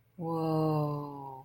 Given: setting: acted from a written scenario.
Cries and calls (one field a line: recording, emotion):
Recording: vocal sound without words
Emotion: awe